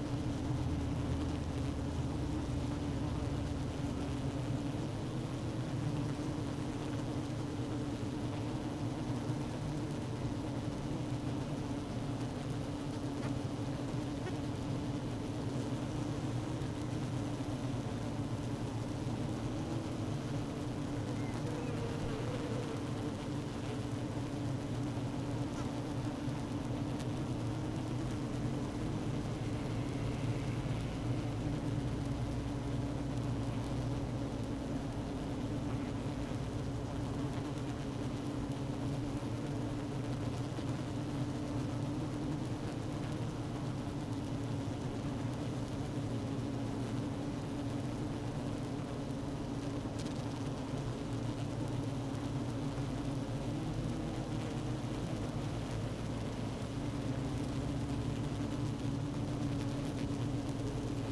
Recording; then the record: honeybee colony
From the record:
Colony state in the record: active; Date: 12 June 2018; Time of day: 16:03